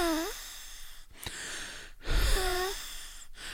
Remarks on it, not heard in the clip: And so wheeze is a different noise because there's all these different airways. When they're all blocked to different amounts, and you get this very complex sort of noise. It's mainly when you breathe out. It's not a sound when you breathe in. And it's a sort of whistling sound. People with asthma wheeze.